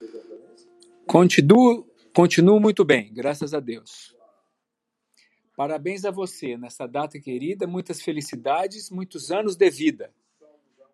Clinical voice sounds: short text; Brazilian Portuguese; male; 50 to 59 years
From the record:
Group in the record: control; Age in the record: 55 years

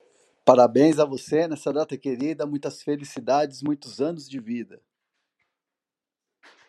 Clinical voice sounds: short text; Brazilian Portuguese; male; 40 to 49 years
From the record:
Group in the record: control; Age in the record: 40 years

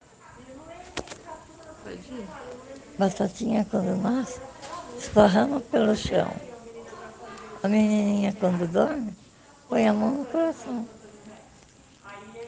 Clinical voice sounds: spoken sentence; Brazilian Portuguese; female; 70 to 79 years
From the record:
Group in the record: respiratory insufficiency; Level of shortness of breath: 5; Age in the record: 70 years

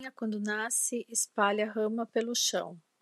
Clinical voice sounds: short text; Brazilian Portuguese; female; 50 to 59 years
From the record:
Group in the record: control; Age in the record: 50 years

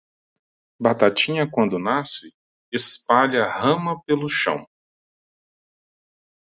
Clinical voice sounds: short text; Brazilian Portuguese; male; 40 to 49 years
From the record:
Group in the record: control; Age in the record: 41 years

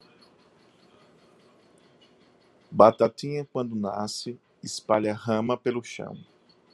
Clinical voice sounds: short text; Brazilian Portuguese; male; 40 to 49 years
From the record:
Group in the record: control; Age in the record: 49 years

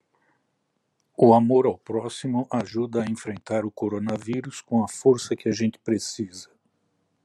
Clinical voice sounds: spoken sentence; Brazilian Portuguese; male; 60 to 69 years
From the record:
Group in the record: control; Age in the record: 63 years

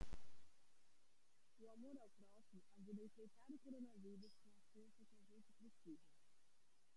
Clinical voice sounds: spoken sentence; Brazilian Portuguese; female; 30 to 39 years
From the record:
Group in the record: control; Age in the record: 36 years

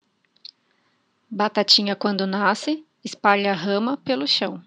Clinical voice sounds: short text; Brazilian Portuguese; female; 30 to 39 years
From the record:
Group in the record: control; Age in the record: 34 years

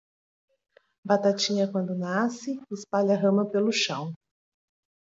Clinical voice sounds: short text; Brazilian Portuguese; female; 40 to 49 years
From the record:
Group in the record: control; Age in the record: 48 years

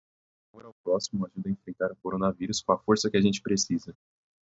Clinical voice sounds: spoken sentence; Brazilian Portuguese; male; 18 to 19 years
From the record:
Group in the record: control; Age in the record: 18 years

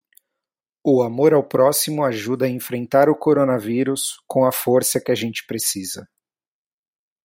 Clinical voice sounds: spoken sentence; Brazilian Portuguese; male; 30 to 39 years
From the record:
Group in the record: control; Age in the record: 37 years

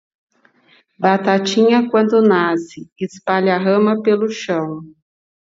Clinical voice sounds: short text; Brazilian Portuguese; female; 40 to 49 years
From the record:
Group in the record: control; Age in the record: 48 years

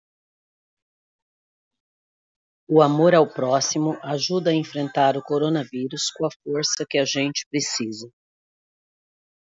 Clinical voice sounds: spoken sentence; Brazilian Portuguese; female; 50 to 59 years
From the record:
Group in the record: control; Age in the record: 52 years

